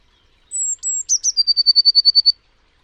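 Bird call: two high thin whistles, then a fast run of about a dozen evenly spaced, slightly lower chipping notes, heard with no other sounds.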